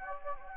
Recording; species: mosquito wingbeat signal from an infrared sensor; Anopheles gambiae